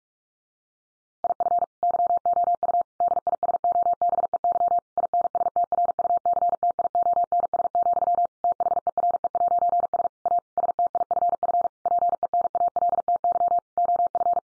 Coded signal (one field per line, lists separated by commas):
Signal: Morse code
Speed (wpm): 44 wpm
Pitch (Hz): 700 Hz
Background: none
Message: IF YOU DISOBEY INSTRUCTIONS, THERE'S A STIFF PENALTY OF